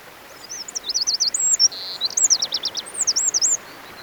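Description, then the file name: Eurasian wren song, a rapid, high, tumbling stream of thin whistled notes with a fast buzzy trill midway, lasting about three seconds over faint background hiss. "Troglodytes troglodytes"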